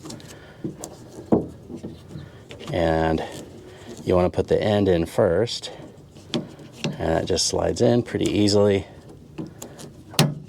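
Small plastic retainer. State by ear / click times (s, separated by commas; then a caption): seated / 10.2 s. On a 2018 Mercedes Sprinter van whose rear door would not open, the release cable end is slid into the new rear door latch assembly. The white plastic retainer is then pushed until it snaps into its recess, with a sharp snap at 10.2 s as it seats. Someone talks throughout, with small handling clicks and knocks in the background.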